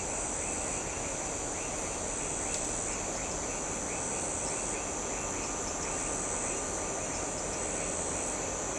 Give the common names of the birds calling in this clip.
none